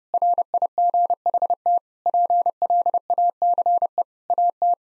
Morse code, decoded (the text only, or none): RIGHT PLACE AT